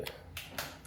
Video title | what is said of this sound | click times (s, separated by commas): AIRUIDU - PORTABLE BIDGET, MADALI BITBITIN! ( UNBOX AND TEST ) | Nalag nag-lock na. Ewan ko kung narinig niyo pero yun nag-lock na. | 0.4 s